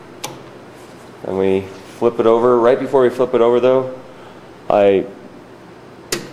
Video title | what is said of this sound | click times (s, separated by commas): battle tops part 1 | it locks in place like that there's another one on the other side right here | 0.2 s